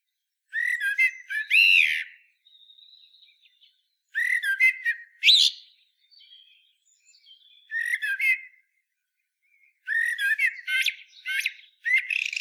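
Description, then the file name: Common blackbird delivering several rich fluted phrases with strident high twittered endings, spaced a couple of seconds apart, with faint soft notes in between. "Turdus merula"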